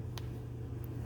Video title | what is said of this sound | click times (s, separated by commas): BLU Phone Won't Turn On - Check These 6 Things on Your Blu View 3 | so the first thing to do number one make sure it clicks in correctly still | 0.2 s